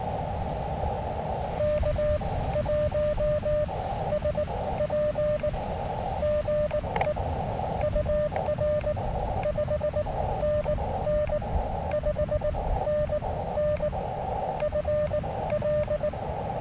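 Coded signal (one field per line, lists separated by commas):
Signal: Morse code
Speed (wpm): 19 wpm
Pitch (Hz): 600 Hz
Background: radio noise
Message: K1SP GE UR 5NN 5NN FL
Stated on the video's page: Morse from a Beaches on the Air activation using a SOTABEAM 10m travel mast.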